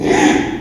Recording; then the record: squeal of a Yucatan mini pig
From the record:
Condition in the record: after surgery on the right vocal fold (resection and tissue-engineered implant); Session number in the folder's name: 3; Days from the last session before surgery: 33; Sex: male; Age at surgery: 12 weeks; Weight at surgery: 13 kg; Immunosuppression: cyclosporine, prednisolone